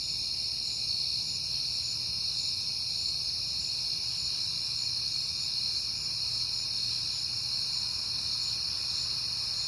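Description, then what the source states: Cricket: continuous high trilling of crickets, layered and even throughout, above a quiet low background drone. Crickets on a peaceful night in September.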